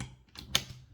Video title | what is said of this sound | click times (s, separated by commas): Rod the icecream man jack in the box #Mrjbox | And now that's fully locked in there now. | 0.6 s